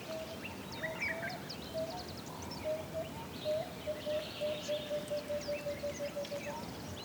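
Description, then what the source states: Bird calls, a low hollow note repeated, at first about once a second, then speeding into an even run of quick notes, with faint high chirps from other birds over steady hiss. Birds in African bush, in calm conditions.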